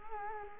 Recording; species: mosquito wingbeat signal from an infrared sensor; Culex quinquefasciatus